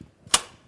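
A Carony Evo swivel car seat is pushed onto its wheelchair chassis using the footrest, lining up on two mushroom-shaped pins. One sharp metallic snap is heard at 0.3 s as the seat clicks onto the chassis and is seated.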